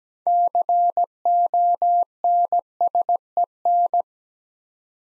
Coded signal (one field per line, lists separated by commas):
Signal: Morse code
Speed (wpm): 17 wpm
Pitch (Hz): 700 Hz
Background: none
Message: CONSEN